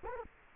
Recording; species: mosquito wingbeat signal from an infrared sensor; Culex quinquefasciatus